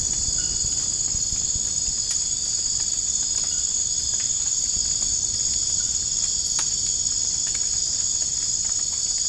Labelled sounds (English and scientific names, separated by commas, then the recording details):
none
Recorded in dense forest near Puerto Asís, Putumayo, Colombia, on 25 June 2025 at 02:00
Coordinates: 0.481, -76.323
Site G072